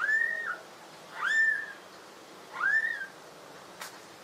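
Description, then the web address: Myna whistles: three clear, slurred notes, each rising then levelling and dipping at the end, spaced about a second apart, followed by a faint click. "animal-sound myna-sound"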